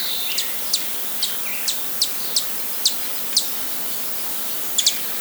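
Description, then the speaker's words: Broad-tailed Hummingbird calling: several sharp high chip notes repeated irregularly, some doubled, over constant hiss. Calls used to communicate with each other. "The second sound they make is the calls that they use to communicate to each other."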